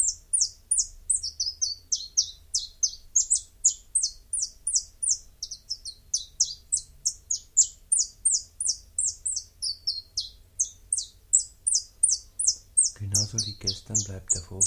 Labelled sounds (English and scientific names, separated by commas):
Common Chiffchaff (Phylloscopus collybita) song